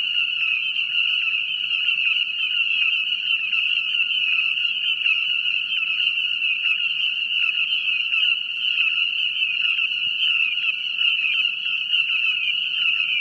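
Frog chorus with a continuous high ringing trill and rapid, lower pulsed notes repeating steadily through the whole stretch.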